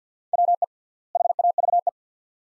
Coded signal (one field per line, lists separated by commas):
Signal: Morse code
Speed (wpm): 47 wpm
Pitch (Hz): 700 Hz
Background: none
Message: WE HAVE